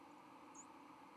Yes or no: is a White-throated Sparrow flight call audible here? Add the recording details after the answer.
no. Another species' flight call is heard. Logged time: 08:48 on 31 October 2014